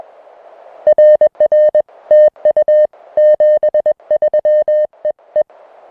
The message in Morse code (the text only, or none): RR TU 73 EE